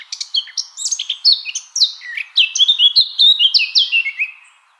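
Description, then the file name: Eurasian blackcap song opening with quick scratchy chatter, then breaking into loud, pure whistled phrases before ending. "Sylvia atricapilla"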